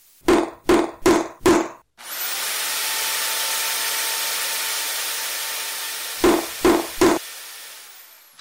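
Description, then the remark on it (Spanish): A carpenter works rough wood into a piece of furniture: four quick, even knocks of a hammer striking wood, then a long steady whirring of sanding, and three more knocks at the end. No one speaks. “Utilizó el martillo, la lija, el metro y el tornillo.”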